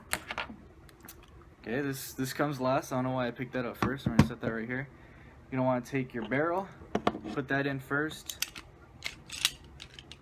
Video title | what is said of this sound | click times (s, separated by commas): black ops 1911 airsoft review | make sure it locks in place like so | 9.5 s